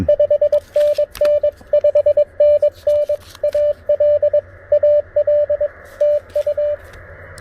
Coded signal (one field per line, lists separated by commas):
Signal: Morse code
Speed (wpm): 22 wpm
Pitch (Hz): 590 Hz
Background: radio noise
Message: 5NN 5NN AL AL TU